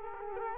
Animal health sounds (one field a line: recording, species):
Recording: mosquito wingbeat signal from an infrared sensor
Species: Culex quinquefasciatus